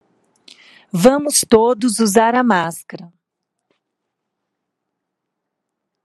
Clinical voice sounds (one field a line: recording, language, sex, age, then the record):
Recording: spoken sentence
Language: Brazilian Portuguese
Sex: female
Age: 50 to 59 years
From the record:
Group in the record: control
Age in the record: 56 years